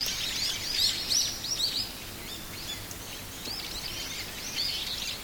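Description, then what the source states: Birds chirping: several high, quick, overlapping chirps and short twitters in a lively jumble over a steady background hiss. Temple area at Sannohe in spring.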